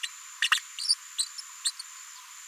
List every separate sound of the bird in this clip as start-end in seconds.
0.02-0.09, 0.41-0.49, 0.51-0.60, 0.78-0.95, 1.38-1.41, 1.64-1.71